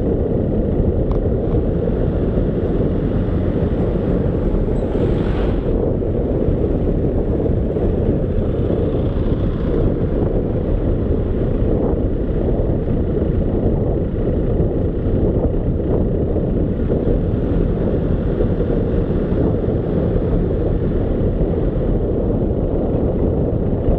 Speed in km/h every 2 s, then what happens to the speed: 27, 30, 30, 28, 25, 25, 24, 23, 26, 28, 28, 24.
0-5 steady at about 30. 5-14 slows to 23. 14-24 steady at about 26.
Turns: none.